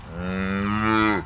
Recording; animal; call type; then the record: contact call of a hoofed animal; cattle; low-frequency (closed-mouth) or high-frequency (open-mouth) call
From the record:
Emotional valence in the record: negative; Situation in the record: full separation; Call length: 1.26 s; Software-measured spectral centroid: 1730 Hz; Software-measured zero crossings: 1400 a second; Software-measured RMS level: -23 dBFS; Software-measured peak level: -8 dBFS